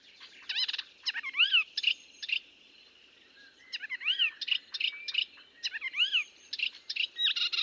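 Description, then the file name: Melodious warbler singing in bursts of rapid chattering and slurred whistles, with a short quiet gap midway, then the jumbled warbling resumes. "British Library - Melodious Warbler Hippolais polyglotta"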